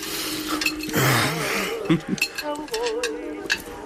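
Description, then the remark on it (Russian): A fork clinks and scrapes against a dish as someone eats with it, in a series of sharp, bright, irregular taps, with a low murmur of voices underneath. “Лопай вилкой. Стараюсь, вот.”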